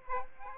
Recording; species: mosquito wingbeat signal from an infrared sensor; Aedes aegypti